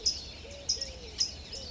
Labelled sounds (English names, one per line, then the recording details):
Eurasian Collared Dove
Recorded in Sonoma County, California